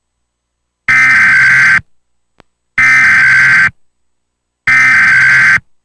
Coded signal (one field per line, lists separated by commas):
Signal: Emergency Alert System (SAME) tones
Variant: header bursts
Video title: EAS 1986: Non-human biologics. Sedona, AZ